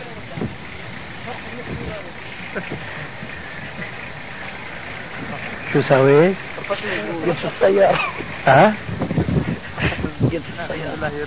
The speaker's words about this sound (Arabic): يطفي السيارة. السيارة شغالة قلت له عشان يطفيها عشان المحرك.